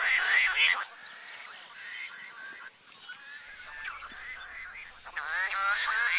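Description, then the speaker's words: Tricolored blackbird song, harsh nasal grating phrases from a dense chorus of many birds, overlapping continuously throughout. Close relative of the red-winged blackbird, found basically only in California; song a low, somewhat ugly version of the red-wing's 'okurlee'; recorded probably within 20 feet. "That is a tricolored blackbird, and it's a close relative to a bird that a lot of people are familiar with across the whole U.S. and Canada, the red-winged blackbird."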